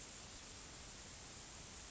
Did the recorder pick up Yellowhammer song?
no